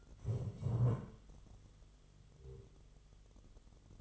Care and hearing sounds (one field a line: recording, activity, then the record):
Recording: daily activity, microphone in the room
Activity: stand up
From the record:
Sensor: 4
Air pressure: 1006.0 hPa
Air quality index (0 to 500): 112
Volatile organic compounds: 3 ppm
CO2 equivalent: 1403 ppm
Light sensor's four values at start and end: 13/28/11/10 and 12/28/11/10